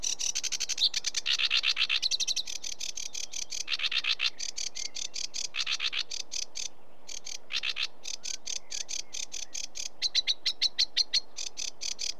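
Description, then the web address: Sedge warbler song: an extended, restless mix of rapid chatters, harsh buzzy churrs and scratchy notes, varying in speed throughout. "BBC Sound Effects Library. Sedge Warbler"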